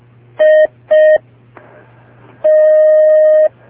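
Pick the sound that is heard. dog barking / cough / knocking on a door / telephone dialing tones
telephone dialing tones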